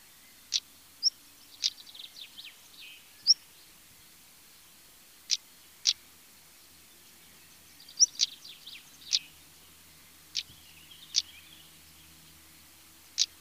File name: Tarier patre